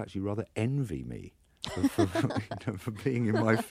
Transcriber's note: laughter